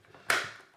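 A plastic cover piece is twisted onto the housing of an AFMAT PSC4 electric pencil sharpener after the cutter assembly has been put back. After some faint handling noise, a sharp, bright click sounds at 0.3 s and rings briefly as the cover locks into place, seated.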